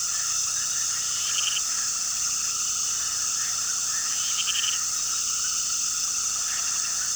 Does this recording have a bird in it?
no